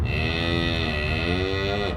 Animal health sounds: contact call of a hoofed animal; cattle; low-frequency (closed-mouth) or high-frequency (open-mouth) call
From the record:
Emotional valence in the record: negative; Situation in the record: full separation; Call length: 1.97 s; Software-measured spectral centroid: 2000 Hz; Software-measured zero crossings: 2370 a second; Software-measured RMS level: -24 dBFS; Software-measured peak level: -9 dBFS

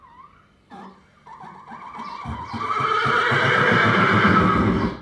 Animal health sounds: contact call of a hoofed animal; horse; whinny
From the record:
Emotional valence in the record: positive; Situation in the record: reunion with one group member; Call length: 5.1 s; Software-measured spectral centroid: 1630 Hz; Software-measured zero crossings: 2280 a second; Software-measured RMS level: -21 dBFS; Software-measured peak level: -3 dBFS

